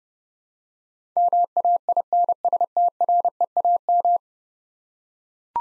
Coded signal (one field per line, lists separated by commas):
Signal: Morse code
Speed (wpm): 30 wpm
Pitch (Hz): 700 Hz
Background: none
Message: MAINSTREAM